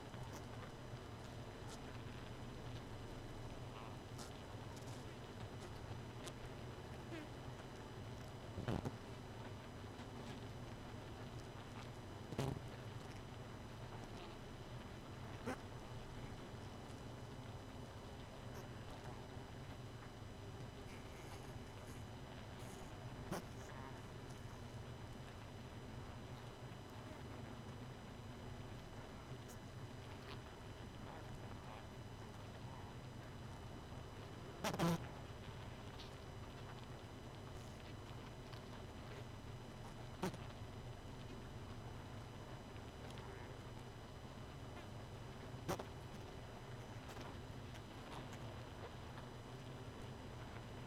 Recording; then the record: honeybee colony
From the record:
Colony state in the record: missing queen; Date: 31 May 2018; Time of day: 2:17